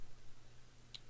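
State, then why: Seated. Someone pushes the front of the pump slide on the small plastic shotgun for the Mezco One:12 Collective Marvel Comics Blade action figure. Over a quiet, steady low hum, a single short, bright tick sounds at 0.9 s. The pump locks into place, only somewhat firmly.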